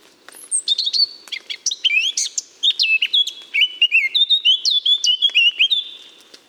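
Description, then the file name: Eurasian blackcap song: a rapid warbled phrase of varied notes, starting with high scratchy sounds and becoming a run of loud, clear fluting whistles. "Sylvia atricapilla"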